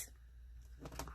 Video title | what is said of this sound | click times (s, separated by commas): Planner Accessories Haul: NEW WALMART Pen+Gear | see there you go and snaps it back into place and it holds all your markers in | 1.0 s